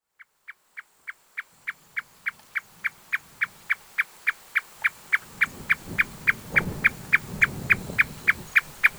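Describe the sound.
Marsh Tapaculo repeating a short, sharp note at a fast regular pace, starting softly and growing louder, while a low background rumble rises in the second half.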